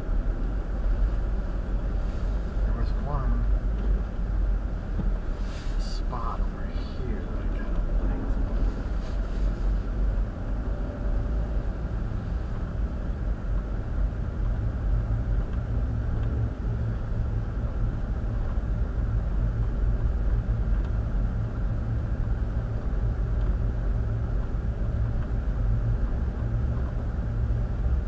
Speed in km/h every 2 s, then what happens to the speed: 15, 15, 13, 13, 15, 19, 18, 19, 19, 19, 19, 18, 19, 19.
0-7 steady at about 13. 7-10 speeds up to 19. 10-28 steady at about 19.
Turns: 2-7.